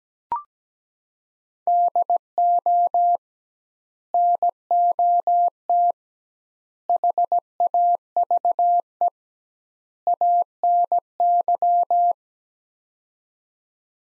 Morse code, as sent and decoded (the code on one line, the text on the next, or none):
-.. --- / -. --- - / .... .- ...- . / .- -. -.--
DO NOT HAVE ANY